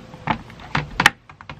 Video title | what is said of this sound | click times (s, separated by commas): Gabled Side-Opening Nest Box Blink Motion Camera Install Tutorial | i can go ahead and mount the camera back onto it and again it's super easy it just snaps right on and you'll hear it | 1.0 s, 1.1 s